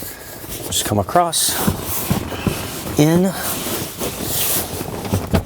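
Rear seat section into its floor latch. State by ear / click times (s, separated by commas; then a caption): seated / 5.3 s. Someone talks while the driver's-side rear seat section of a Tesla Model 3 or Y, reinstalled during an Alpine PSS-TSUB-T3A/TYA subwoofer upgrade, is guided across and pushed in and down into its floor latch. A sharp click at 5.4 s marks the seat section locking into place.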